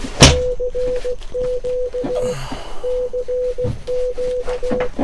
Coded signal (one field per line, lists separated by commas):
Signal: Morse code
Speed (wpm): 17 wpm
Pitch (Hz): 500 Hz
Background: none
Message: <AR>Q CQ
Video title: J-38 + IC-705 On The Air: 15 WPM CW POTA Activation of Crows Nest Natural Preserve VA